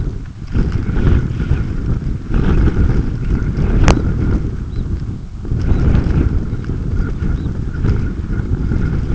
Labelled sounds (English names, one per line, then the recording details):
Red Phalarope
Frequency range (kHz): Red Phalarope 3.1-4.5 kHz
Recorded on Arctic tundra, site UTQI-5, on 28 June 2018
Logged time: 00:00